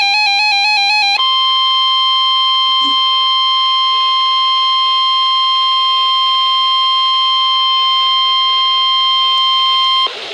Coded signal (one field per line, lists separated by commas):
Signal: Emergency Alert System (SAME) tones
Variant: 1050 Hz attention tone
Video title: NOAA - Severe Thunderstorm Warning (EAS #975)